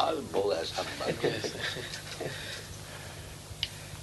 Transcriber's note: laughter